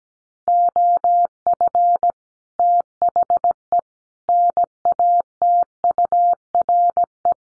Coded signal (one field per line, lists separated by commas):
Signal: Morse code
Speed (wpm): 17 wpm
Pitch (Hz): 700 Hz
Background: none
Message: OF THE NATURE